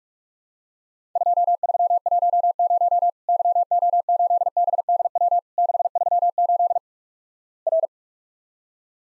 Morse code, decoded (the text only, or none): 2310 YO8BDW 638 R